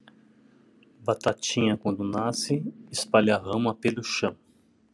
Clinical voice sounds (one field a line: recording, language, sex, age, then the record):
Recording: short text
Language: Brazilian Portuguese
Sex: male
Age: 60 to 69 years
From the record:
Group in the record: control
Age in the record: 63 years